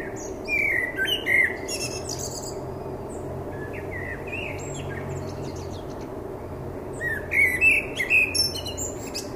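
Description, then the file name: Common blackbird singing two separate phrases, each a few mellow warbled whistles ending in high squeaky twitters, with a quiet pause and low hum between them. "Turdus merula"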